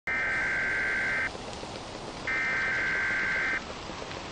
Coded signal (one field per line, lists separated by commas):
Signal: Emergency Alert System (SAME) tones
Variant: header bursts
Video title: The Neighborhood of Robloxia EAS ALARM (roblox)